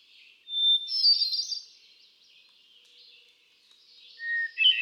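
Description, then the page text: Hermit thrush sings a steady whistle followed by ringing flutelike phrases that fade slowly. A lower whistled note opens the next song near the end. Male singing, cycling through a repertoire of about ten different songs; recorded June 13, 2006, at Quabbin Park, Ware, Massachusetts. "Birdsong for the Curious Naturalist. Hermit thrush. Can you hear how he cycles through his repertoire of about ten different songs? June 13, 2006. Quabbin Park, Ware, Massachusetts"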